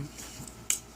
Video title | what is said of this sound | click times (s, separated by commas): Titans Return Auto bot Burr and Hyperfire | put this in one click then two clicks so it's flush against his body | 0.5 s, 0.7 s